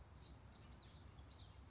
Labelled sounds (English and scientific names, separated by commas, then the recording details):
Common Yellowthroat (Geothlypis trichas)
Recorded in Sonoma County, California